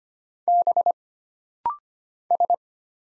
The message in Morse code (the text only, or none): B S